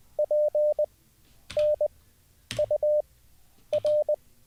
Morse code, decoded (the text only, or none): P N U R